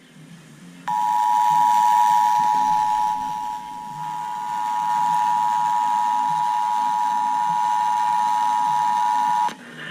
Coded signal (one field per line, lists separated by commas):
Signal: Emergency Alert System (SAME) tones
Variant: 853 and 960 Hz attention tone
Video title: WXJ53 Weekly Test Cause KEC80 Being Ded and The RMT | 7/15/20 EAS Tests | EAS #94-95